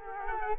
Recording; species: mosquito wingbeat signal from an infrared sensor; Culex quinquefasciatus